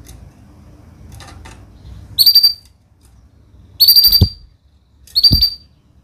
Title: Kenari Gacor Cengkok Terbaik Isian Paling Mewah Kenarigacor Kicaumania Kenari